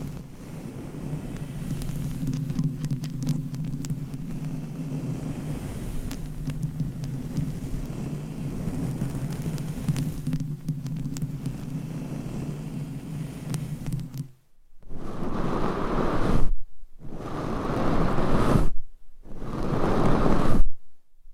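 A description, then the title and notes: Microphones are scratched and brushed, first as a steady, dense rubbing with a low hum and scattered sharp clicks for about fourteen seconds. After a sudden silence come three separate bursts of louder, brighter brushing, each cut off by short gaps. ASMR Mic Scratching - Tapping & Brushing on 7 Mics with DIY Mic Covers 100% Tingles - No Talking.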